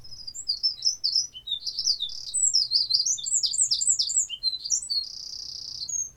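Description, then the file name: Eurasian wren song, a rapid outpouring of very high trills and twittering notes, including a sustained buzzy trill near the end, over a low background rumble. "Troglodytes troglodytes"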